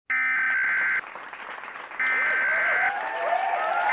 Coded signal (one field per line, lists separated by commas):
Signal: Emergency Alert System (SAME) tones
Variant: header bursts